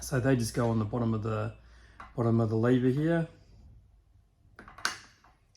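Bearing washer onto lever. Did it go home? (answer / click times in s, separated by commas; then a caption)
yes / 4.9 s. Someone talks for about the first 3.3 seconds, then a bearing washer, one of the washers that sit either side of the dual bearings, is pressed onto the bottom of the lever. A few small clicks lead into a sharp snap at 4.9 seconds as the washer seats in place.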